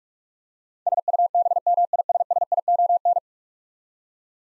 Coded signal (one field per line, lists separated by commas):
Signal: Morse code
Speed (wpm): 46 wpm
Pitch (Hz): 700 Hz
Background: none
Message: SUBMISSION